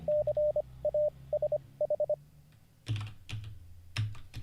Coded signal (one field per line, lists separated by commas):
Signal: Morse code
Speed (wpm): 25 wpm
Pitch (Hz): 600 Hz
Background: none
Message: CASH